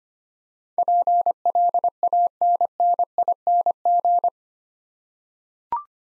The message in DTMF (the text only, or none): none